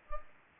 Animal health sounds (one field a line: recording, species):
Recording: mosquito wingbeat signal from an infrared sensor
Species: Culex pipiens